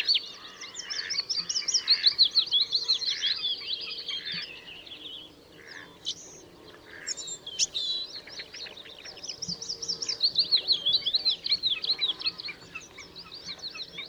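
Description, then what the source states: Bluethroat song, two rich bursts of rapid twittering and buzzy phrases separated by a quieter pause with scattered clicks and notes. Recorded on 13 April 2014.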